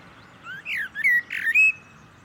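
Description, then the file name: Common blackbird making soft, slurred fluty whistles that rise and fall over about a second, with a slightly harsher note near the end. "Turdus merula"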